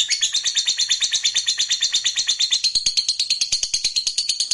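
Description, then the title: Lovebird chattering song: quick, evenly repeated high chirps, continuous and shrill. "Suara Lovebird"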